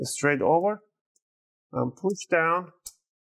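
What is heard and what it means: The plastic bottom cover of an Acer Aspire 3 A315-41 R7WT laptop is brought straight over the palm rest to be pressed down so its clips snap in, while someone talks. Nothing has seated or clicked yet.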